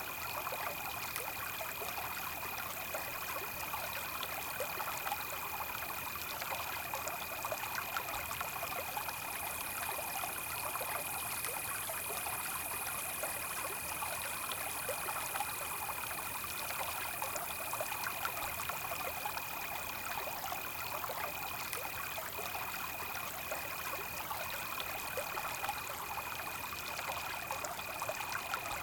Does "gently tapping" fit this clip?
no